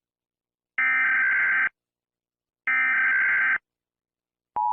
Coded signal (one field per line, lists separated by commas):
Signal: Emergency Alert System (SAME) tones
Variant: header bursts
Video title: EAS scenario: earth falls to the sun